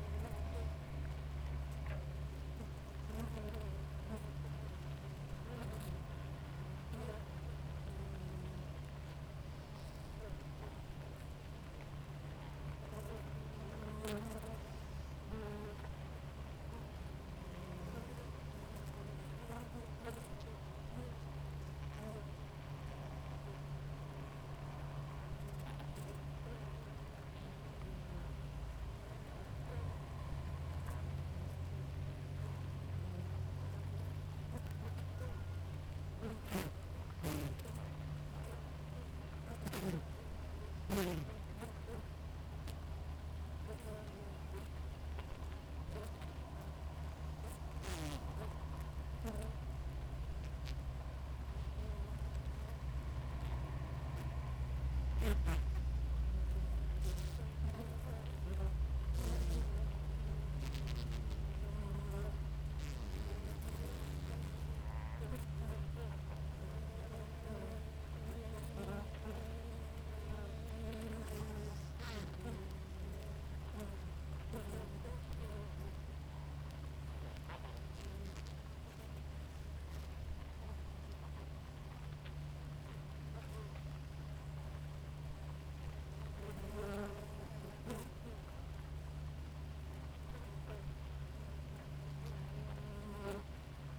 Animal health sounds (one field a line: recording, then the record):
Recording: honeybee colony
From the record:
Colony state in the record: active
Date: 28 July 2017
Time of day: 5:16